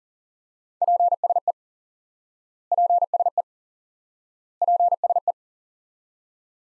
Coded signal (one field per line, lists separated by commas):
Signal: Morse code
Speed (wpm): 40 wpm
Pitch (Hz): 700 Hz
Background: none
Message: PSE PSE PSE